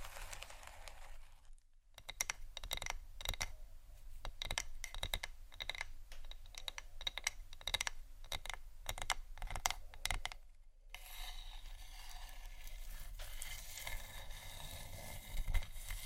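Marble and wood are tapped in quick, irregular clicks from about two to ten seconds, each a short sharp tick over a faint low rumble. A brief silence follows, then a steady bright scratching and crinkling fills the last five seconds.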